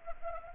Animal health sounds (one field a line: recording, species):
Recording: mosquito wingbeat signal from an infrared sensor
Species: Anopheles arabiensis